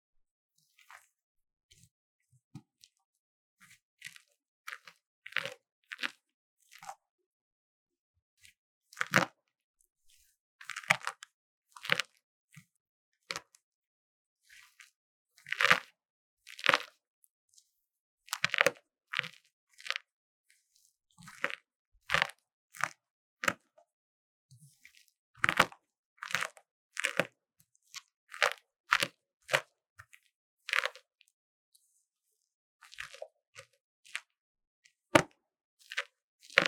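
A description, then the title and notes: A block of magnesium powder is scraped and crushed, making short, sharp crunches and cracks. The crisp bursts come in irregular clusters over silence, some quick strings of scrapes, others single snaps, the loudest landing around 9, 16, 25 and 35 seconds. Relaxing Scrape Magnesium Powder Block | NoTalking. 壓碎聲與捏碎聲都非常療癒.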